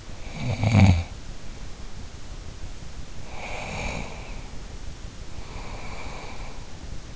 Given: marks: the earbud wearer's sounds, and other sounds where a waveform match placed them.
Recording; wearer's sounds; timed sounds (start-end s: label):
sounds in sleep by an in-ear microphone; snoring breath
0.00-1.06 s: snoring breath
3.18-4.52 s: snoring breath
5.20-6.65 s: snoring breath